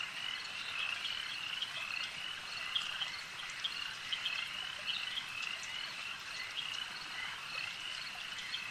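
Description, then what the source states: Insect chorus forms a continuous high-pitched buzzing wash, with brief scattered clicks and chirps rising above the even drone. An insect swarm.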